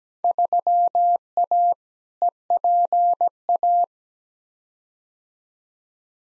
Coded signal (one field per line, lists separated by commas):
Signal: Morse code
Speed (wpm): 17 wpm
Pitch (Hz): 700 Hz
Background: none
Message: 3A EPA